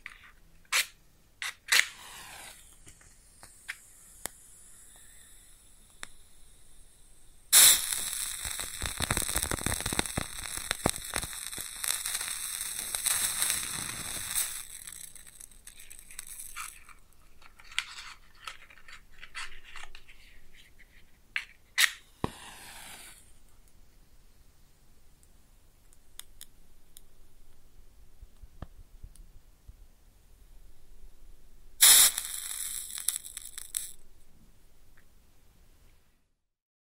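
Close-up matches strike in sharp bright bursts near 8, 22 and 32 seconds, flaring into hissing sizzle, then faint scattered crackles between.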